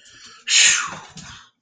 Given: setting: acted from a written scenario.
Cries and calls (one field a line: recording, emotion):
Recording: vocal sound without words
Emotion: relief